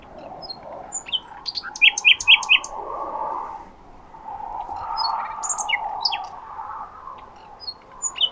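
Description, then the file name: Common nightingale song: short bursts of clicking, whistled notes and quick repeated chips, partly masked by a continuous mid-pitched hum. "Luscinia megarhynchos"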